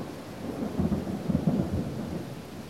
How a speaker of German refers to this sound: Als ich das Kloster verlasse, entlädt sich die schwüle Sommerluft in einem kurzen und heftigen Gewitter über dem Bergdorf.